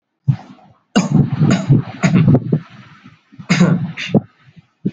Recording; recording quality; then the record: heavy voluntary cough; moderate, slight background noise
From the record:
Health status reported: healthy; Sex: male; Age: 19 years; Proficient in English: yes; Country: India